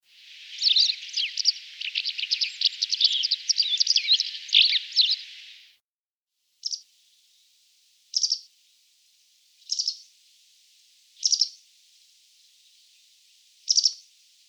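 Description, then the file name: White wagtail calls: a long twittering stretch of rapid high chirps, then five short separate call bursts spaced about one and a half to two and a half seconds apart. "bachstelze"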